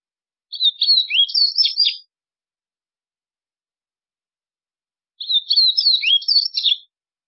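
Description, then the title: White-throated seedeater song: two matching bursts of rapid high twittering and slurred whistles, each about one and a half seconds, separated by roughly three seconds of silence. "Canto Do Golinha"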